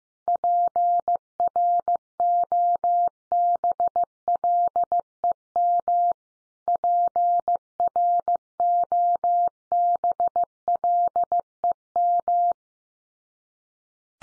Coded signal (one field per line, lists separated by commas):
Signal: Morse code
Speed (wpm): 15 wpm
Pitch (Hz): 700 Hz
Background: none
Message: PROBLEM PROBLEM